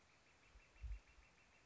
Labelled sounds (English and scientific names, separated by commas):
Northern Flicker (Colaptes auratus)